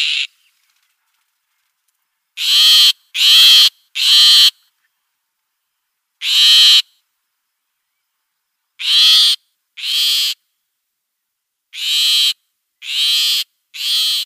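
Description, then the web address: Great grey shrike uttering a series of rasping, grating calls, mostly in clusters of two or three, with silent pauses of about two seconds between groups. "Schulze Peter Great Grey Shrike calls"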